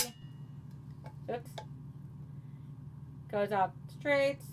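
A magnetic snap-strap wristband used to hold pins is handled and straightened before it closes around the wrist, with faint handling taps over a low steady hum while someone talks. Nothing has snapped into place yet.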